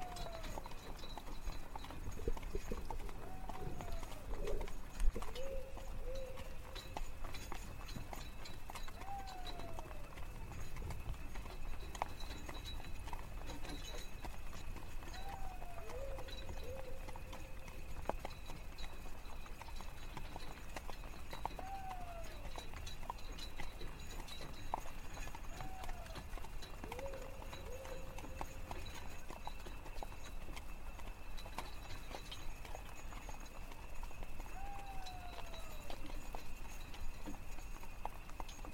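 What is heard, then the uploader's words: A carriage ride through night woods: horse hooves clop steadily beneath a constant high chirring of crickets. A falling, owl-like call returns about every five to six seconds, and a low rumble runs underneath the whole time. Carriage ride through the woods on the way to the castle. Carriage/ horse snort.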